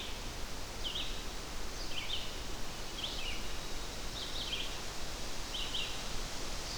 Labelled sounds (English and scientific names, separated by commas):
Red-eyed Vireo (Vireo olivaceus) song